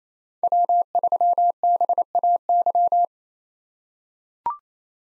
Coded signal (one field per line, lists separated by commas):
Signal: Morse code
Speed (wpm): 28 wpm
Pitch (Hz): 700 Hz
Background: none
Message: W3BAY